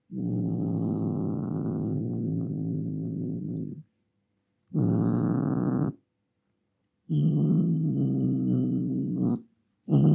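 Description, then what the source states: Cat giving long low growls: a drawn-out rumble of nearly four seconds, then shorter growls after pauses, with a final one just beginning. Angry cat.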